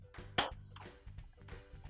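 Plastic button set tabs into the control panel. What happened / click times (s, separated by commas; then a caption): The button tabs are handled but not yet snapped home / none. Plastic tabs of a 3-button set (part 8181678) for a Kenmore washer are handled against the control panel while music plays, with a sharp broadband hit near 0.4 s and softer knocks after it. Nothing has seated or clicked yet.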